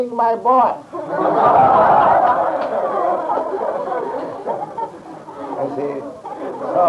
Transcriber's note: laughter